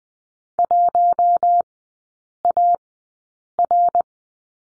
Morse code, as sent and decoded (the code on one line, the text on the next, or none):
.---- .- .-.
1AR